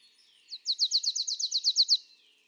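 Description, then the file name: Marsh tit song, an even run of about twelve sharp downslurred notes in quick succession, with a faint lower sound beneath. "Poecile palustris"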